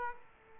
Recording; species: mosquito wingbeat signal from an infrared sensor; Aedes aegypti